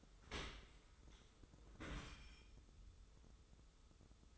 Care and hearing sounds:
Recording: daily activity, microphone in the room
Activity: open dishwasher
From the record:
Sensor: 3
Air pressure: 995.7 hPa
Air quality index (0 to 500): 97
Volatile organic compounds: 14 ppm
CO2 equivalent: 2436 ppm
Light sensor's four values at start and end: 29/87/36/32 and 29/87/36/32

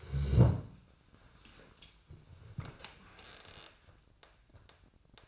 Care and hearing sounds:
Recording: daily activity, microphone in the room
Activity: sit down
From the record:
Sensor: 2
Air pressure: 1004.9 hPa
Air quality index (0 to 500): 84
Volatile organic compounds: 2 ppm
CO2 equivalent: 1012 ppm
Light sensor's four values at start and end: 7/17/7/7 and 7/16/7/7

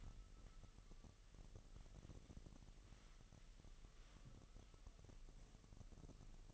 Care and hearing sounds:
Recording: daily activity, microphone in the room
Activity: wipe stove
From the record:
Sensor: 4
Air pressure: 1001.9 hPa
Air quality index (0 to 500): 248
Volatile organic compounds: 41 ppm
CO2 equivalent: 3161 ppm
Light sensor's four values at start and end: 9/19/8/7 and 8/19/7/7

